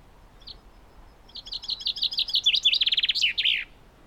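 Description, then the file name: Common chaffinch song: after a brief lone chirp, a rapid cascade of falling notes speeds up into a dense trill and finishes with a sharp terminal flourish. "Fringilla coelebs"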